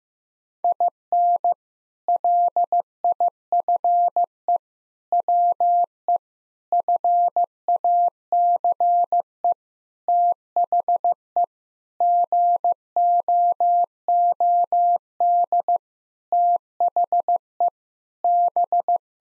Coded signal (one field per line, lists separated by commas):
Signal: Morse code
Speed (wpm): 15 wpm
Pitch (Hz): 700 Hz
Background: none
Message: IN LIFE WE FACE THE GOOD THE B